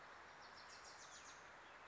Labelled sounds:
Wilson's Warbler (Cardellina pusilla)
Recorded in Sonoma County, California

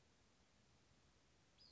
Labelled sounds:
Western Flycatcher (Empidonax difficilis)
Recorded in Sonoma County, California

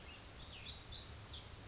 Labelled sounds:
Black-throated Gray Warbler (Setophaga nigrescens)
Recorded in Sonoma County, California

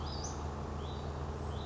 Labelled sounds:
Western Flycatcher (Empidonax difficilis)
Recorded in Sonoma County, California

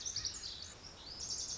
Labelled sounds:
Lazuli Bunting (Passerina amoena)
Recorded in Sonoma County, California

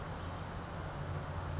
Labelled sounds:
California Towhee (Melozone crissalis)
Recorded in Sonoma County, California

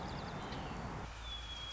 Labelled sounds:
White-crowned Sparrow (Zonotrichia leucophrys)
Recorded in Sonoma County, California

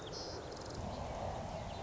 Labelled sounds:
Song Sparrow (Melospiza melodia)
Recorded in Sonoma County, California

